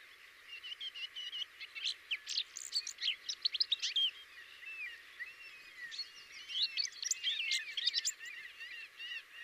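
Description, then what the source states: Common whitethroat giving a quieter scratchy warble of chattering notes and thin slurred whistles in two main bursts, over faint background hiss. Variant 5.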